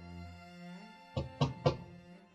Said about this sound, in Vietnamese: Đúng 5 phút sau, bên ngoài có tiếng gõ cửa.